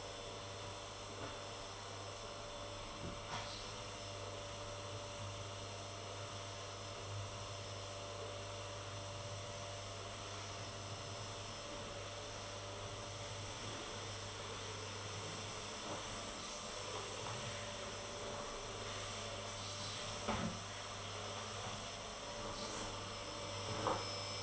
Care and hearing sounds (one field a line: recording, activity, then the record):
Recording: daily activity, microphone in the room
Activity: vacuum cleaning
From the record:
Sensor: 4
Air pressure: 1008.5 hPa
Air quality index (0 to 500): 62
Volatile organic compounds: 1 ppm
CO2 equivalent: 598 ppm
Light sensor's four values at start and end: 14/32/13/12 and 14/31/12/12